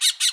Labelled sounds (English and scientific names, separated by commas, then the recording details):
Brown-throated Parakeet (Eupsittula pertinax) contact call
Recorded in Bonaire
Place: just S of turnoff to Cai, near Lac Bay
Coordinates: 12.126, -68.239